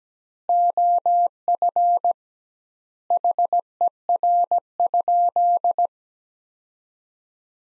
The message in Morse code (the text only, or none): OF HER?